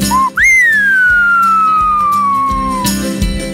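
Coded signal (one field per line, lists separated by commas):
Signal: whistled language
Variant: Silbo Gomero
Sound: brief low whistle, then one long loud whistle sliding slowly downward in pitch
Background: room hum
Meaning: A low then high whistle announces that someone has died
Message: se murió fulanito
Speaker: normalmente cuando se oyó un silbo grave y agudo era el que ya se había muerto alguien grave y agudo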